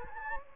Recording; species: mosquito wingbeat signal from an infrared sensor; Anopheles gambiae